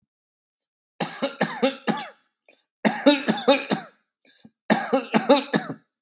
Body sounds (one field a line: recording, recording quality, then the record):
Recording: shallow voluntary cough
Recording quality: excellent, no background noise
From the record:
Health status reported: exposed to COVID-19, no respiratory illness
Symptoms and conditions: none ticked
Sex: male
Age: 41 years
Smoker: not ticked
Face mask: not worn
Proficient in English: yes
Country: United States